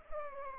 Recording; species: mosquito wingbeat signal from an infrared sensor; Anopheles arabiensis